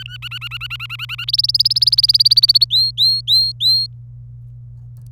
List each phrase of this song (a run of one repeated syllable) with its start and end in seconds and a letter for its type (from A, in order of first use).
0.00-0.17 A, 0.22-1.24 B, 1.28-2.64 C, 2.70-3.86 D